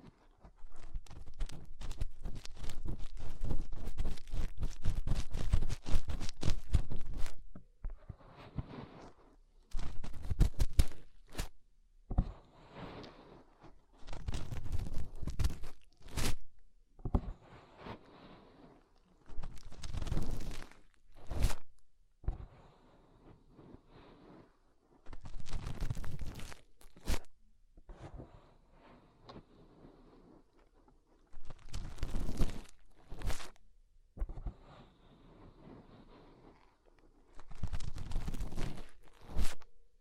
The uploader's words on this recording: ASMR Inner Ear Cleaning Using Fingers 3Dio (No Talking).